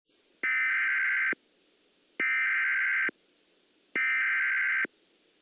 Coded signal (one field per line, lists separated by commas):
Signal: Emergency Alert System (SAME) tones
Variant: header bursts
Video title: Classic EAS Mock: 7/29/08 - Illinois